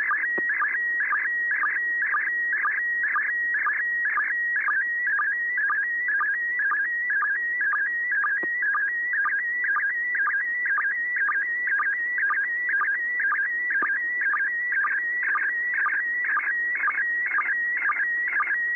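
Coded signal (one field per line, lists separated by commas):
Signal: SSTV (slow-scan television)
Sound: warbling tone around 1.5-2 kHz with a short lower sync chirp every half second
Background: faint radio hiss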